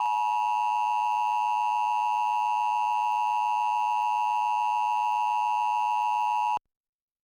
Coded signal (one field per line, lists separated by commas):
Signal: Emergency Alert System (SAME) tones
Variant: 853 and 960 Hz attention tone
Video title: EAS: Child Abduction Emergency - Indiana - 09/26/2016